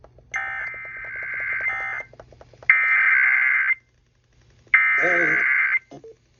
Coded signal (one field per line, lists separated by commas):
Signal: Emergency Alert System (SAME) tones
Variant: header bursts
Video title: National Periodic Test - 8/11/21 - EAS 334-335